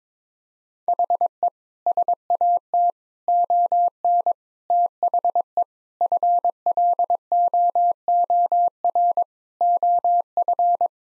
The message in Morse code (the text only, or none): HE SAT ON THE FLOOR OF